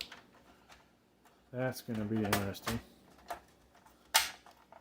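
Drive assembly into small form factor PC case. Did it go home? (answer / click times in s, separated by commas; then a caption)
yes / 4.2 s. A drive assembly with its bracket is pushed back into a slim small-form-factor desktop PC case while someone talks. After a few soft handling taps, the bracket clicks sharply into place at 4.2 s, and the drive is seated.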